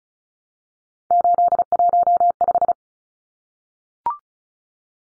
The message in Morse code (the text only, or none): 815